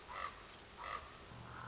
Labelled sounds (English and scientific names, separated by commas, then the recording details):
Common Raven (Corvus corax)
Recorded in Sonoma County, California